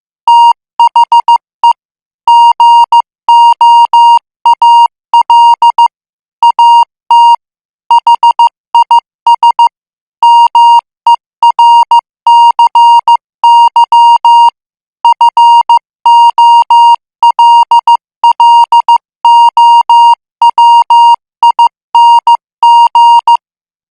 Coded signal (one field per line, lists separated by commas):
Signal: Morse code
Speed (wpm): 15 wpm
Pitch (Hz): 940 Hz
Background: music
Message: THE GOAL AT HIS MERCY FOLLOWING